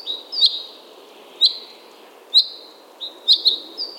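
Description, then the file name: Common chaffinch calls, crisp high notes with short trailing slurs, roughly one per second, a quick double note near the end; soft steady low noise behind. "Fringilla coelebs"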